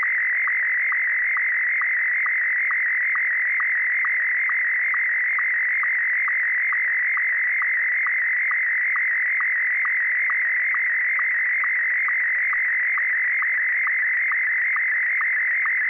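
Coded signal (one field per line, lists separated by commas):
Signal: SSTV (slow-scan television)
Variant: Martin 1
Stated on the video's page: SSTV net on a 441.300 MHz FM repeater, sent with MMSSTV software.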